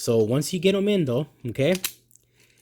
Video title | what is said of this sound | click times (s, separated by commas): SNAP POWER GUIDE LIGHTS 2 UNBOXING AND HONEST REVIEW | they just snap into place. Snaps just like that, really simple. | 2.1 s, 2.2 s